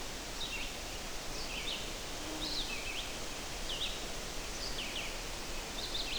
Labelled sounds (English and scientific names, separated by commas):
Red-eyed Vireo (Vireo olivaceus) song